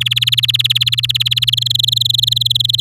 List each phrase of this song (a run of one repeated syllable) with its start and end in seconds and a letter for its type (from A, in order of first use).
0.00-1.50 A, 1.52-2.81 B